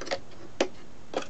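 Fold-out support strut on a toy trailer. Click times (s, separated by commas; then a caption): 0.6 s. A plastic fold-out support strut, pulled out of its groove under a toy trailer, snaps into position with a sharp click at 0.6 s. Softer ticks come before it near 0.1 s and after it near 1.2 s. The strut is seated in place.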